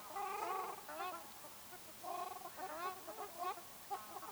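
Ruddy shelduck: rough, nasal honking calls in overlapping bursts, several birds calling together with short gaps.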